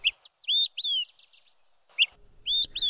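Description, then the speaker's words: Olive-sided flycatcher calling: a whistled three-note phrase, a short sharp note then two longer slurred whistles, the last falling, given twice. Perched atop dead tree snags in coniferous areas, announcing its territory with a call remembered as 'quick, three beers'. "Perched atop dead tree snags and coniferous areas, they announce their territory by calling out, quick, three beers."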